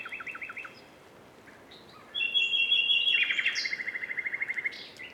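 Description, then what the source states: Common nightingale song: a quick series of repeated notes, then a sustained whistle leading into a loud, rapidly pulsing trill. Several nightingales singing together in a concert, in quadraphonic sound.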